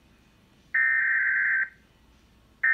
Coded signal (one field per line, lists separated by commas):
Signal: Emergency Alert System (SAME) tones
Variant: header bursts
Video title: NJTV EAS Severe Thunderstorm Warning For Monmouth County, New Jersey 7-31-2019 2:53 PM